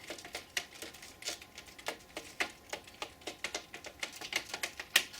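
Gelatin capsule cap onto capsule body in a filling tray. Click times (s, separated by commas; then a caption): 0.6 s, 3.4 s, 3.5 s, 4.4 s, 4.6 s, 5.0 s. Gelatin capsule caps are pressed down row by row onto powder-filled capsule bodies in a filling tray, making a series of quick, sharp snapping clicks. The clearest snaps come at 0.6, 3.4, 3.6, 4.4, 4.6 and 5.0 seconds as the caps lock in place and are seated on the bodies.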